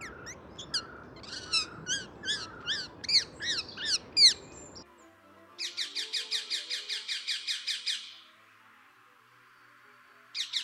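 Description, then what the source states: Rose-ringed Parakeet harsh screeches, an irregular run of shrill downslurred notes over low rumble, then a second rapid burst of about a dozen screeches. Green parakeet, recognised by its very loud screeching calls; an invasive species in Turkish cities, heard in city parks and gardens.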